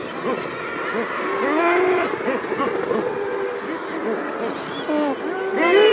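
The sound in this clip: Common murre calls from a crowded colony: many low, arched, harsh croaks overlapping, with scattered higher chirps and a rising squeal near the end.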